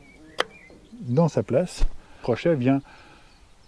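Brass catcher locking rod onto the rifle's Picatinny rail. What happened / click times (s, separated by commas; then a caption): The small metal locking rod snapped onto the rail / 0.4 s. A small metal locking rod on a brass catcher (cartridge case collector) fitted to a Ruger Precision Rimfire .22LR rifle is passed over the Picatinny rail and snaps into place. A sharp click is heard at 0.4 s, followed by someone talking. The rod is clipped on the other side of the rail, seated so the catcher can no longer fall off, which it used to do when it was heavily loaded.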